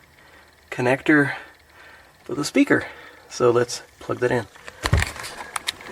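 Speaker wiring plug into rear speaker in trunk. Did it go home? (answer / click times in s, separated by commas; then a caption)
yes / 5.6 s. Someone talks while plugging the wiring connector into the rear speaker in the trunk of an Acura TL, with brief handling clicks just before. The connector snaps home at 5.6 s and is seated.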